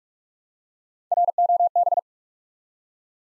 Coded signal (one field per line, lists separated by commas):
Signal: Morse code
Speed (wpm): 44 wpm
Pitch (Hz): 700 Hz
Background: none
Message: ROB